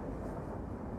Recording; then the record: background sound without coughing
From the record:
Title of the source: Train Ride Ambience ambient white noise for sleeping, focus, studying, reading